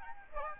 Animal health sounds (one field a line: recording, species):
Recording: mosquito wingbeat signal from an infrared sensor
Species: Aedes aegypti